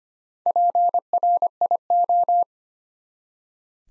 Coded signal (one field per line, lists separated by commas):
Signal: Morse code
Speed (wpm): 25 wpm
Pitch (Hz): 700 Hz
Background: none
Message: PRIO